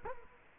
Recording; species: mosquito wingbeat signal from an infrared sensor; Culex quinquefasciatus